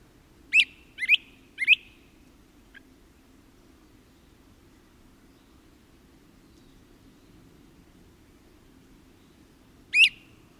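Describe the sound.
Great Crested Flycatcher calls: three loud, sharp whistled notes in quick succession, a faint short note, then one more after a long pause, over a low hum.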